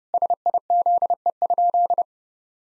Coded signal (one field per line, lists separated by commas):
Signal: Morse code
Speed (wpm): 30 wpm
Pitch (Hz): 700 Hz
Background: none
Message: SIZE?